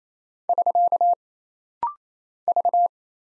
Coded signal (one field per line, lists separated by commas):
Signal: Morse code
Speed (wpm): 27 wpm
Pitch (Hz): 700 Hz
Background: none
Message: <SK> V